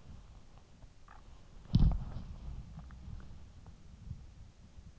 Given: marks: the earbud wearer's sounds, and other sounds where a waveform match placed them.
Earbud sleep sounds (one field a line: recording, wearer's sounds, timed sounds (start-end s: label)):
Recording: sounds in sleep by an in-ear microphone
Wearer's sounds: body movement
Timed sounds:
0.00-3.64 s: body movement
2.03-3.63 s: sound from someone else or the room